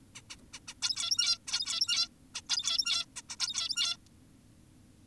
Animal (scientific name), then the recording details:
Taeniopygia guttata. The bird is an adult. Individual g17y2U